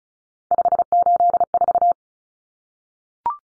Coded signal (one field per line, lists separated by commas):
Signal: Morse code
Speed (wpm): 34 wpm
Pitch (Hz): 700 Hz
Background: none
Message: 584